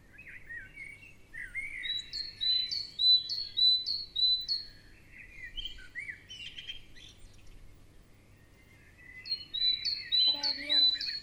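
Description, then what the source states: Varied bird warbles and runs of repeated high notes, a pause, then more chirping with a brief harsh lower call near the end. Birds in the morning.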